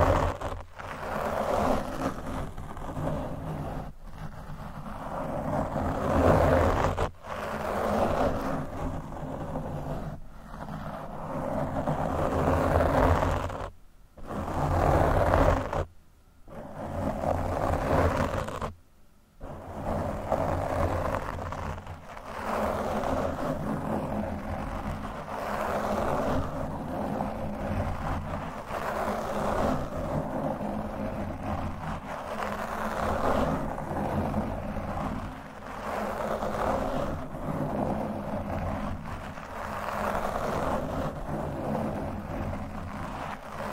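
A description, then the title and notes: Continuous rustling and scratching against a microphone over a steady low hum, broken by brief silent dropouts around the middle. Mic Brushing, Scratching, & Fast Tapping.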